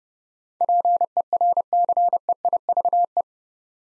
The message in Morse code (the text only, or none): PERCEIVE